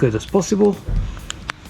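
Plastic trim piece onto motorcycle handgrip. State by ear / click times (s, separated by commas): seated / 1.3 s, 1.5 s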